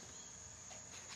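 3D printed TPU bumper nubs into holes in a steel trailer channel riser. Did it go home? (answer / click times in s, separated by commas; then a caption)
no / none. A 3D printed TPU bumper is handled at a steel channel riser on a trailer, where it will be pushed down so its molded nubs ramp over the bevel and lock into holes in the steel. Only a steady, insect-like background hum with a high continuous tone is heard, with no distinct impacts. Nothing has seated or clicked yet.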